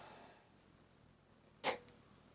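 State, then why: Seated. A plastic/metal engine bay part for a Back to the Future DeLorean scale model is press-fitted into its engine surround mounting. A short broad rustling burst at about 1.6 s is followed by a small, sharp click at 1.9 s as the part clips into place, with a fainter tick near 2.2 s. The part is seated.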